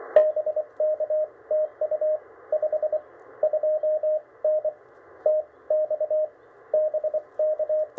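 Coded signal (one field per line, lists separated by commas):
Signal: Morse code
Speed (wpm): 24 wpm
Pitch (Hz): 620 Hz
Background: radio noise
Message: BK TU 5 2N TX BK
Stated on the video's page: QRP Parks on the Air CW activation using an Index Labs QRP Plus, QRP end-fed half-wave antenna and pressure paddle.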